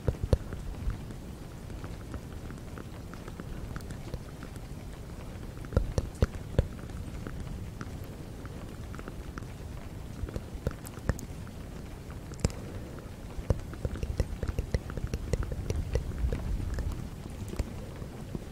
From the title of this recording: fast BUT GENTLE tapping - ear blowing, whispering, rain, breathy